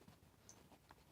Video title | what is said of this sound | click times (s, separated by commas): Td5 instruments into a 300Tdi Defender - Wiring the speedometer, gauges and warning lights | push that it clicks | 0.5 s